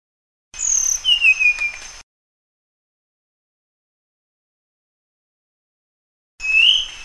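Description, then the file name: Flycatcher song: a quick descending run of sweet, high whistled notes lasting over a second, followed by silence and another short whistled phrase. "suara burung sikatan sunda. omkicau"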